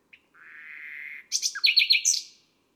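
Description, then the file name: Nightingale song: a sustained whistle swelling in volume for about a second, then an abrupt, bright burst of rapid chattering notes. Recorded on a May night. "Un rossignol enregistre une nuit de mai"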